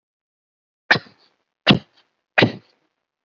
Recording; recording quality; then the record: shallow voluntary cough; excellent, no background noise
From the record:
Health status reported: COVID-19 positive, mild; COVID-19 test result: positive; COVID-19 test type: RT-PCR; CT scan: not taken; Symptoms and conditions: none ticked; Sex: male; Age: 33 years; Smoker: no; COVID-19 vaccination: one dose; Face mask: not worn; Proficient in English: yes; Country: India